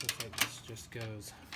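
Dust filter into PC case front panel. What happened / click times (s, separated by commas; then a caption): The filter is being handled but has not seated yet / none. A magnetic mesh front dust filter, held by magnets and a small tension hook, is handled as it is put back into the front panel of a Corsair Carbide 600C PC case while someone talks. A few soft taps and light knocks sound under the speech. Nothing has seated or clicked yet.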